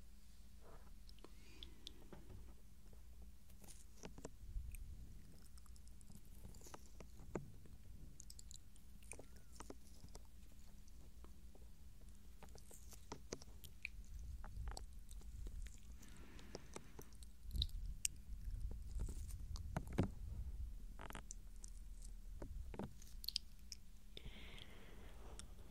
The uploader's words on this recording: ASMR Tingles Overload SOFT Ear Touching & GENTLE Mouth Sounds For Sleep.